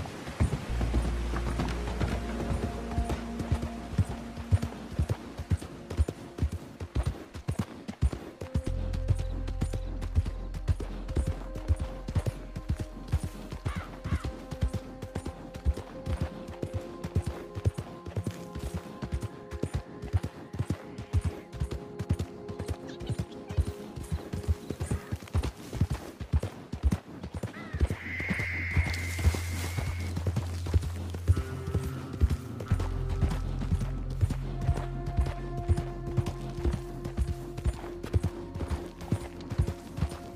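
A horse's hooves clip-clop steadily for the whole stretch, a quick, even run of sharp knocks. Low humming tones sit underneath, shifting pitch now and then, and a brief higher whine rises near the thirty-second mark.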